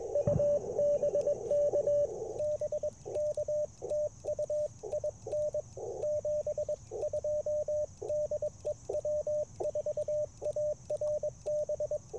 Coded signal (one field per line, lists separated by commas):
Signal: Morse code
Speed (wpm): 21 wpm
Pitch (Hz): 590 Hz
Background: radio noise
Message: U BK BK TU IN 72 DE W4ARB